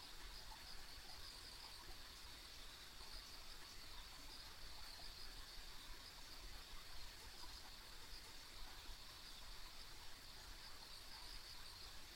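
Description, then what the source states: Insect chorus, an unbroken high trill with scattered flecks of sound, backed by a constant low hum. Ambient insect sounds on a country road.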